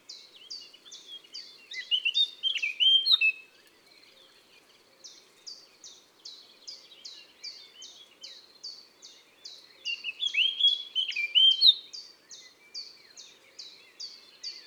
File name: Merle noir Chants doiseaux des bois et des forets